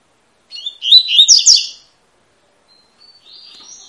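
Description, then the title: Double-collared seedeater delivering one buzzy, whistled phrase, followed after a pause by fainter, thin high notes. Tui-tui song style of fibra-quality bird, used as a teacher song for training young birds. "COLEIRO TUI TUI FIBRA"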